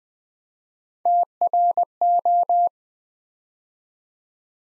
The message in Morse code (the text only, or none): TRO